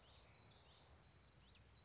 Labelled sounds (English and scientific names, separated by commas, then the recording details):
Common Yellowthroat (Geothlypis trichas)
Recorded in Sonoma County, California